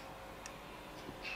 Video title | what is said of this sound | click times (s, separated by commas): Assemblage du - Sac F - Kyosho Optima de 2016 - #6 | soulève légèrement et on force. Et hop, c'est clipsé. | 0.5 s